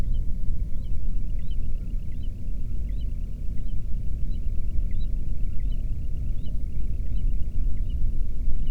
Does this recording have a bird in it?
yes